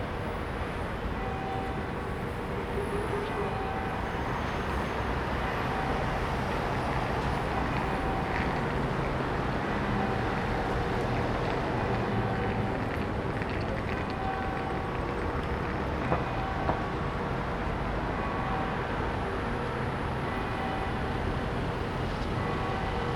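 Early morning traffic builds on roads through a city, a steady, dense rumble of vehicles that never drops away across the recording. Faint higher tones drift over the low roar, and a couple of brief clicks land near sixteen seconds.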